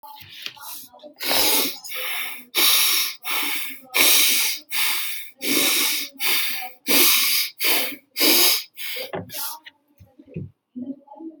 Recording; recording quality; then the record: deep breathing; moderate, slight background noise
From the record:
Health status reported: healthy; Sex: male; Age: 45 years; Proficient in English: yes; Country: India